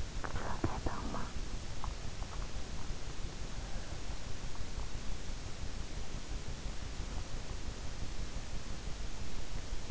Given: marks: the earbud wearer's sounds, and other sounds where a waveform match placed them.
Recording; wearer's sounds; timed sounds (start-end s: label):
sounds in sleep by an in-ear microphone; talking in sleep
0.00-2.00 s: talking in sleep